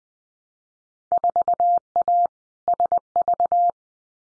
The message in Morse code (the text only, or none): 4A SV